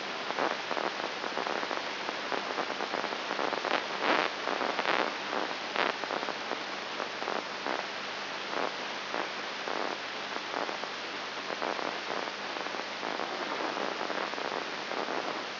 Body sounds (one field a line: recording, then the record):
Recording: brain microelectrode recording played as sound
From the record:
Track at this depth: inside the subthalamic nucleus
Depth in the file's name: 1.904 mm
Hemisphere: left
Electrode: 3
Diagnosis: Parkinson's disease